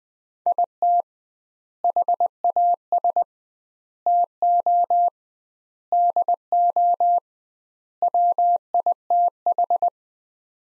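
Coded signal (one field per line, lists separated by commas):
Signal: Morse code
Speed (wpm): 20 wpm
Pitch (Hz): 700 Hz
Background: none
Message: IT HAS TO DO WITH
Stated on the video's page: Morse practice of five-word sets sent at 20 WPM with double word spacing, a word-level analogue of Farnsworth spacing, for head-copy training.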